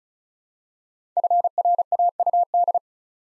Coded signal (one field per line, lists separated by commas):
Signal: Morse code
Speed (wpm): 35 wpm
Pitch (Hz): 700 Hz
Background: none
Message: FRAUD